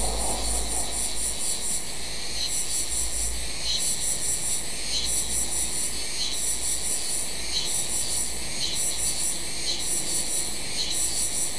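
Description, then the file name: Insects in a pulsing high-pitched chorus, throbbing bands of shrill buzzing rising and falling every second or so over a constant low rumble of background noise. "mainly insect"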